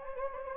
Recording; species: mosquito wingbeat signal from an infrared sensor; Anopheles gambiae